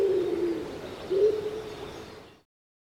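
Common Wood Pigeon song: two low, hollow coo notes, then the sound fades out quickly.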